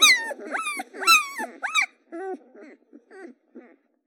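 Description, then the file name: Dog: puppies whining: high, bending squeals crowd the first two seconds, then softer, lower whimpers come in short separate bursts before fading to silence. Several puppies; recording processed to pseudo-stereo. "Luffy Luffy Earth 2 Puppies"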